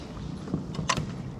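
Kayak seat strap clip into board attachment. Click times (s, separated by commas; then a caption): 0.9 s. A kayak seat strap clip is pushed into its attachment on a Starboard Touring Deluxe Lite inflatable SUP paddle board. After a couple of faint soft knocks around 0.5 and 0.8 seconds, one loud, sharp click rings out at 0.9 s. The clip is fastened and seated.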